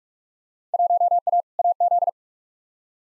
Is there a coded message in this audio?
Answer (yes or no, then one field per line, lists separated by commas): yes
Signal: Morse code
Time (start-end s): 0.7-2.1 s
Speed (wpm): 45 wpm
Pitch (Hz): 700 Hz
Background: none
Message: 1A AZ